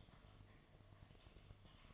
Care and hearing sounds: daily activity, microphone in the room; typing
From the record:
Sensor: 4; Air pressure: 1005.2 hPa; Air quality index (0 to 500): 182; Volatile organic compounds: 5 ppm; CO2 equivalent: 1791 ppm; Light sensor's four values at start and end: 6/12/5/4 and 6/12/5/4

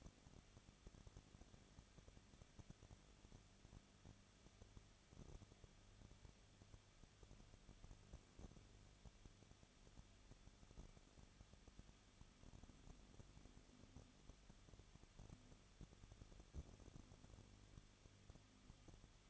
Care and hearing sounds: daily activity, microphone in the room; no activity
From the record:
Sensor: 4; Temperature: 23.0 degrees Celsius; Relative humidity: 34.2%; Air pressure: 1007.4 hPa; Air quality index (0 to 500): 212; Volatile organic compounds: 14 ppm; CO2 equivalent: 2437 ppm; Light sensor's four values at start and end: 2/3/1/1 and 2/3/1/1

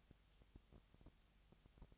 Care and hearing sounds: daily activity, microphone in the room; no activity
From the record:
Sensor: 3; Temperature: 20.6 degrees Celsius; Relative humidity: 35.7%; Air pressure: 998.8 hPa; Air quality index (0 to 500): 236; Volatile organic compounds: 72 ppm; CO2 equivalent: 3539 ppm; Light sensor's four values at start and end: 2/3/2/2 and 2/3/2/2

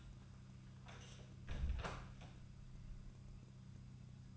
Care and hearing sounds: daily activity, microphone in the room; close door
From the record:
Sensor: 2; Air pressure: 1004.8 hPa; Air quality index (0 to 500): 73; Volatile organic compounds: 1 ppm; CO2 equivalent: 864 ppm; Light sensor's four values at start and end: 7/17/7/7 and 7/17/7/7

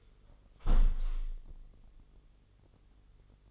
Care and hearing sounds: daily activity, microphone in the room; close window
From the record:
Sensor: 4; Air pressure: 996.5 hPa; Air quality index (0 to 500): 77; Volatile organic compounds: 3 ppm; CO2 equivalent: 1448 ppm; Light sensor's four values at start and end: 19/53/20/22 and 19/53/20/22

